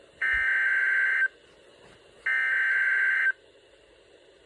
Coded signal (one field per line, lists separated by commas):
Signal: Emergency Alert System (SAME) tones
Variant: header bursts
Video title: EAS #139 (SVR For Me)